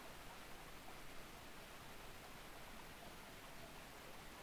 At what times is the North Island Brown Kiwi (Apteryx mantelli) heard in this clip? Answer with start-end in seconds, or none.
none